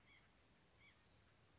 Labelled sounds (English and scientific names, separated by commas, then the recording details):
White-breasted Nuthatch (Sitta carolinensis)
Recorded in Sonoma County, California